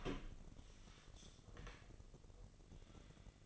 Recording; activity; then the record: daily activity, microphone in the room; open door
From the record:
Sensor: 4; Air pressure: 1013.0 hPa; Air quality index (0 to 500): 177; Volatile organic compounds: 2 ppm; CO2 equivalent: 1117 ppm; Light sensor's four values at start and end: 67/164/69/69 and 83/208/86/91